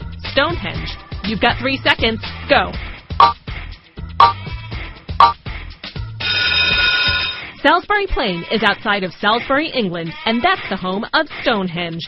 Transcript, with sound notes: Stonehenge? You`ve got three seconds. Go! (BUZZER) Salisbury Plain is outside of Salisbury, England, and that`s the home of Stonehenge.